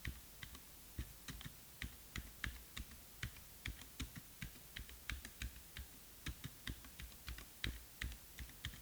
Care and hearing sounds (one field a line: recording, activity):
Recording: daily activity, guitar pickup as the sensor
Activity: type